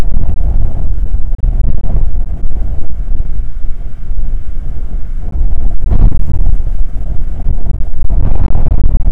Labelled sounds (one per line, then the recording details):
wind
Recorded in the Prudhoe Bay oil fields, Alaska, on 19 July 2019 at 00:02
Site 25